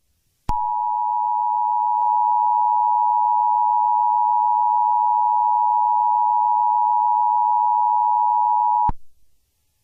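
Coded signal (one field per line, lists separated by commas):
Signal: Emergency Alert System (SAME) tones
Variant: 853 and 960 Hz attention tone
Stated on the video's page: Simulated EAS scenario recreating the Moore, Oklahoma F5 tornado.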